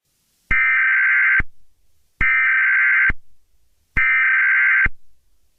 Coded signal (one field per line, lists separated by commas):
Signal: Emergency Alert System (SAME) tones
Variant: header bursts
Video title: (SUMMER SPECIAL) EAS SCENARIO - Hottest Day on Earth